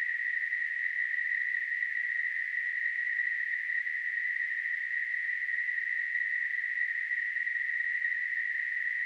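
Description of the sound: A steady, high-pitched hissing whine, a narrow band of noise centred near 2 kHz, with no pauses and an even loudness for about nine seconds. It is a simulation of tinnitus, the constant ringing or hissing heard in the ears without an outside source.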